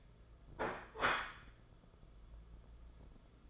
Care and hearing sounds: daily activity, microphone in the room; place plate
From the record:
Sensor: 5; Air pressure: 994.6 hPa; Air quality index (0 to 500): 169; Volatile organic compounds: 561 ppm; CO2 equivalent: 4895 ppm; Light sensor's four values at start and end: 9/21/8/9 and 9/21/8/9

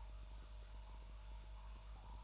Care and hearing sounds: daily activity, microphone in the room; make coffee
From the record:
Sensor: 2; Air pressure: 1009.2 hPa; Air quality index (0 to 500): 187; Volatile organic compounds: 11 ppm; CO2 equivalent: 2320 ppm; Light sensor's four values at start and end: 24/59/25/28 and 24/59/25/27

